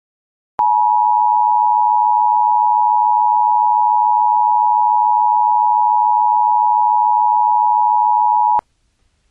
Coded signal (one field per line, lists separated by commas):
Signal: Emergency Alert System (SAME) tones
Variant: 853 and 960 Hz attention tone